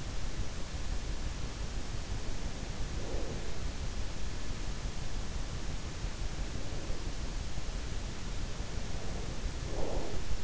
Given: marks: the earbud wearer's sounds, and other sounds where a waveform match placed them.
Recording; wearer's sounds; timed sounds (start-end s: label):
sounds in sleep by an in-ear microphone; breath
3.02-3.44 s: breath
6.41-7.45 s: breath
8.75-10.44 s: breath